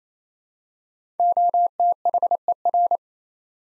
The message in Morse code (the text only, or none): OTHER